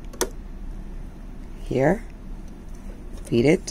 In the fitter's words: so here the clicks again okay